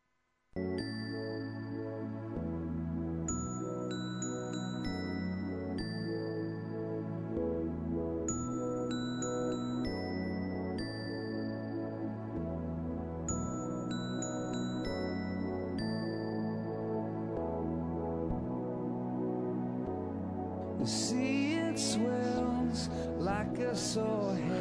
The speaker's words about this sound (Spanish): si nos quitan la música un poquillo, si nos van bajando, ay, así,